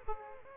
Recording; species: mosquito wingbeat signal from an infrared sensor; Aedes aegypti